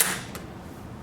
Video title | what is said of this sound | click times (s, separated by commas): Medline Rollator | it down, and you'll hear it click when it finds its purchase holes. | 0.4 s